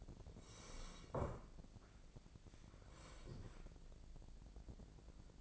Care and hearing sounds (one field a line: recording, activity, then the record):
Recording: daily activity, microphone in the room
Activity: sit down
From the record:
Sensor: 5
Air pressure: 1012.4 hPa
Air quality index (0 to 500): 146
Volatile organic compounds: 2 ppm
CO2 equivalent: 1008 ppm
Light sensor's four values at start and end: 280/671/287/319 and 280/671/286/319